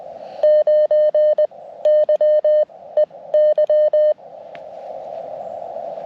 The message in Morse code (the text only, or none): 9YEY